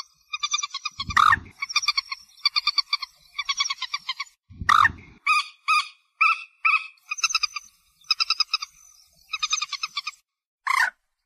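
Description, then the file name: White-breasted waterhen calling: bursts of short, evenly repeated harmonic notes in quick runs, broken by loud harsh squawks, with brief pauses between phrases. "Tieng cuoc bien cuoc moc trich re chim den"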